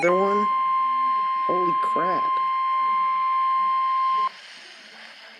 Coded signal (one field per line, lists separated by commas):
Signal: Emergency Alert System (SAME) tones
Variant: 1050 Hz attention tone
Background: speech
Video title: Tornado Warning for my county! (EAS #81)-NOAA